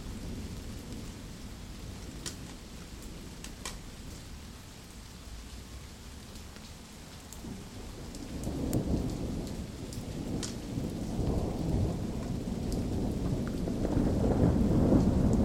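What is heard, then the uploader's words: Rain falls steadily with scattered sharp drips and taps throughout, while a low rumble of thunder builds from around the eighth second. The rumble swells and grows louder toward the end, turning deep and rolling. Thunder and rain The Hague. Typical summer rain and thunder. Thunder and rain (The Hague, June 10th 2019).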